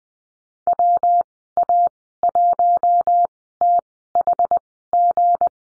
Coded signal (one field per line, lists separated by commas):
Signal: Morse code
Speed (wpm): 20 wpm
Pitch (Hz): 700 Hz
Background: none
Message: WA1THG